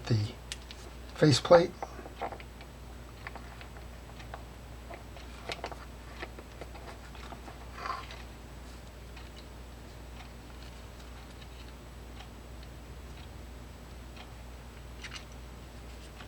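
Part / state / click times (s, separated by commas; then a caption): faceplate onto baitcasting reel body / not seated / none. Someone talks while handling the metal faceplate (side plate) of a Shimano Calcutta 400 round baitcasting reel during servicing, fitting it back onto the reel body. A few brief, light taps and handling noises sound over a quiet stretch. Nothing has seated or clicked yet.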